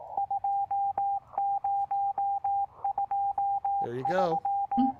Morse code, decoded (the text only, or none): 2023